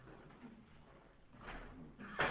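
A chair is brought over for someone and set down: low shuffling and rustling build into a scrape, ending in a louder, sharp knock as it lands, with no talking.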